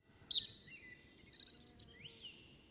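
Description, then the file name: European robin giving a high, thin whistle that breaks into a fast shimmering trill, then a lone rising note, over soft low background noise. "Erithacus rubecula"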